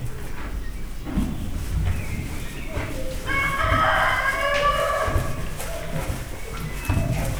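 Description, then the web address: Rooster crowing once, a harsh, drawn-out harmonic crow in the middle, over steady low rumbling and scattered knocks and clatter. At Miskolc Zoo in 2009. "allathangok miskolcizoo 2009 magyarparlagiszamar istallobaneszik kakaskakukk pulyka"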